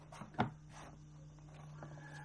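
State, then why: Seated. The plastic top piece of an arched back stretcher is pressed into its base, and a sharp snap sounds at 0.4 s as it locks into place. A few faint, quieter taps follow over a steady low hum.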